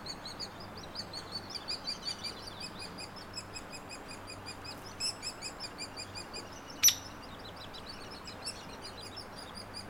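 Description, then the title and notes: Hairy woodpeckers: continuous high, rapid chattering with one sharp, loud sound about two-thirds of the way through. Nestlings and adults; trail across from Frazer Point, Schoodic division, Acadia National Park; 26 June 2017, 06:17; Fostex FR2 with Sennheiser ME 64. "Hairy Woodpeckers, nestlings and adults no name trail across from Frazer Point Schoodic division, Acadia National Park"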